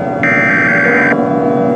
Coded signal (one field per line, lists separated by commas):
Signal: Emergency Alert System (SAME) tones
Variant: header bursts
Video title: Eas Scenario: Px-12 Virus (Part 3/The Finale)